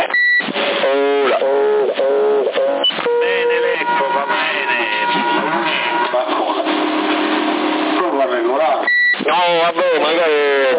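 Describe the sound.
Short, high electronic roger beeps from a modified CB radio chirp at the start and again near the end of a stretch of tinny, band-limited radio voice chatter, the beeps brief and bright against the talk.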